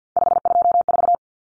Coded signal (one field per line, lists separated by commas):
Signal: Morse code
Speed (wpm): 50 wpm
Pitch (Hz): 700 Hz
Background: none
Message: 524